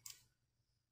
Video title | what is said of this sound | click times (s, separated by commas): Anran Q3 Max Test complet une caméra 100% sans fil et efficace | l'autre sens c'est aucun risque voilà ici hop c'est bon vous entendez un petit clic | 0.1 s